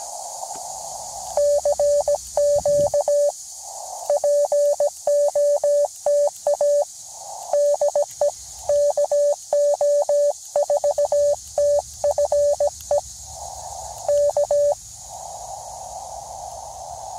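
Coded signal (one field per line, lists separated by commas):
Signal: Morse code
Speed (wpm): 17 wpm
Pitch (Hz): 580 Hz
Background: radio noise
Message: CQ POTA DE KO4TFE K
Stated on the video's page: QRP CW from a POTA park activation, with bad copying and rough sending.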